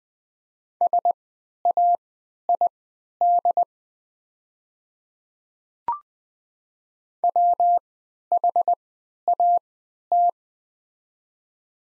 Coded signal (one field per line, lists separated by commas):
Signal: Morse code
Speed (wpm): 20 wpm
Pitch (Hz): 700 Hz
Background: none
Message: SAID WHAT